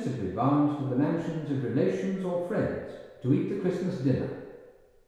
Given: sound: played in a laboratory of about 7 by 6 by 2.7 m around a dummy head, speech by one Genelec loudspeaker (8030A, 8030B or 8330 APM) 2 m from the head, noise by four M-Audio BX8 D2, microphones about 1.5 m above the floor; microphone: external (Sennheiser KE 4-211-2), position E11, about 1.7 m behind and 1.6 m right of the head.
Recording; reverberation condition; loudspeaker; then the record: male speech in English; high; 150 degrees to the right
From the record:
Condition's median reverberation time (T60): about 1300 ms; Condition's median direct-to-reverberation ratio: about -4.0 dB